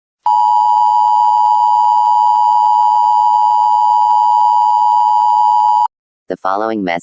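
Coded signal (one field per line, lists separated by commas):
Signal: Emergency Alert System (SAME) tones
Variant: 853 and 960 Hz attention tone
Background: speech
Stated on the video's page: Fictional EAS scenario about severe winter storms and a snow tornado, not a real alert.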